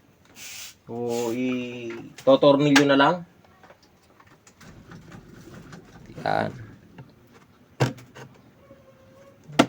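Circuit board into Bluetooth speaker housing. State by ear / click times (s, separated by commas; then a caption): seated / 9.6 s. A circuit board is pressed into a Bluetooth speaker housing while someone talks, with scattered small clicks and taps throughout. A loud, sharp hit comes at 9.6 s as the board seats flush in the housing.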